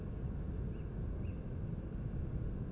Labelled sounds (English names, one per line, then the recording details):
Tawny Owl
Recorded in Germany
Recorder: ecoPi